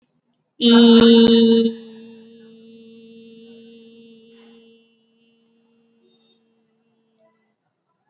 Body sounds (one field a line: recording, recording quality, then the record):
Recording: sustained vowel as in beet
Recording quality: excellent, no background noise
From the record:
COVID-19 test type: RT-PCR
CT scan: not taken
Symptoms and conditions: none ticked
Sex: female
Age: 24 years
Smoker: no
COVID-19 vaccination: both doses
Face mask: worn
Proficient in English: yes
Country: India